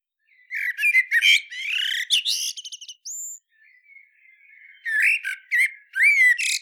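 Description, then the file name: Common blackbird giving harsh, squawking chattering notes in a rapid burst, a thin high whistle in the middle, then another scratchy burst after a short quiet pause. "Turdus merula"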